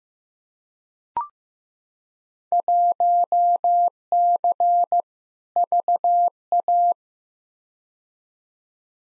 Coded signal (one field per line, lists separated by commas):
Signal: Morse code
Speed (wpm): 15 wpm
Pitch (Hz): 700 Hz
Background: none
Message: 1C VA